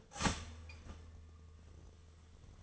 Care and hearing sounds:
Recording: daily activity, microphone in the room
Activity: start toaster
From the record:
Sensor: 4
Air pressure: 1010.2 hPa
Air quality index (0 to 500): 176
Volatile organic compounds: 5 ppm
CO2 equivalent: 1785 ppm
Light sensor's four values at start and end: 22/68/26/27 and 24/71/28/28

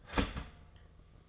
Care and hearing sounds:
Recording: daily activity, microphone in the room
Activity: start toaster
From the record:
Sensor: 4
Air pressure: 1005.0 hPa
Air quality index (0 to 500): 187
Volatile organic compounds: 5 ppm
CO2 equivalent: 1833 ppm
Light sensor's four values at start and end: 17/57/21/19 and 17/57/21/19

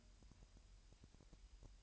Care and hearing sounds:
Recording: daily activity, microphone in the room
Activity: take from stove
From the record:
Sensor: 2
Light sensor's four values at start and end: 5/11/4/4 and 5/11/4/4

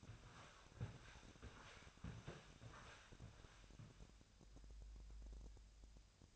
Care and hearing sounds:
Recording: daily activity, microphone in the room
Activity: walk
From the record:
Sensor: 2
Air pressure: 1000.3 hPa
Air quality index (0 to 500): 166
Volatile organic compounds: 3 ppm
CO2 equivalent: 1382 ppm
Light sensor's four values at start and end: 13/35/14/15 and 14/37/14/16

